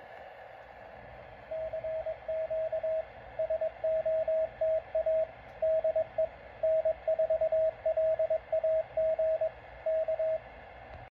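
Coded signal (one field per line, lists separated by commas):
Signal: Morse code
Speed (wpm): 21 wpm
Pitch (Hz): 620 Hz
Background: radio noise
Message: CQ SOTA DE N4LAG K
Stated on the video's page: SOTA chase contact on 17 meters using an MTR at about 2 watts on a low battery, with a summit station in Arizona.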